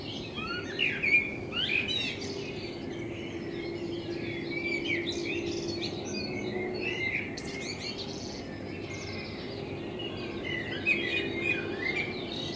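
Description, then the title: Common blackbird song, varied whistled and twittering phrases over a steady low hum. Recorded in front of the recordist's window with a homemade binaural dummy head, intended for headphone listening. "Kunstkopfaufnahme der Amsel vor meinem Fenster"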